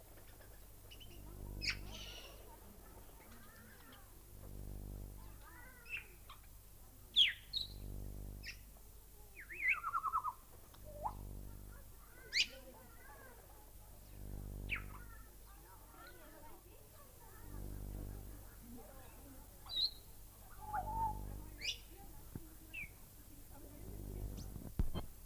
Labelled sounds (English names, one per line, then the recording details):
Grey Parrot call
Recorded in captivity
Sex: group
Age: adult
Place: Tierpark Berlin, Berlin, DE
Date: 1998-03-28 11:05
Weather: bedeckt, ca. 10°C
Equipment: Nagra SN, Kopie Uher 4000 Report Monitor
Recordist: Tembrock, Günter
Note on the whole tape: Gruppe: drei Tiere, diverse Laute